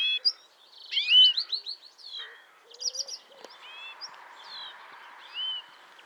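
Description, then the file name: European greenfinch calls: a fast run of chirps, then scattered rising notes and a brief trill over a soft hiss. "Chloris chloris"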